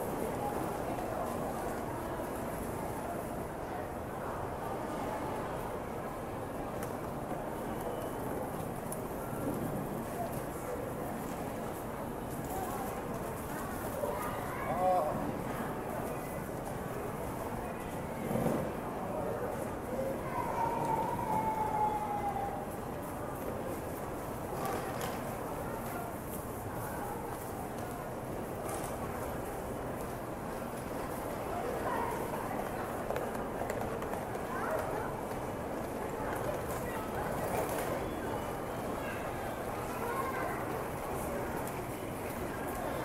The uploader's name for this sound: TOKYO TRAIN STATION IN JAPAN AMBIENCE